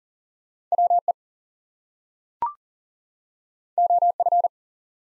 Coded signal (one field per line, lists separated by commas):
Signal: Morse code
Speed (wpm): 39 wpm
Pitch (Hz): 700 Hz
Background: none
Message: WE OF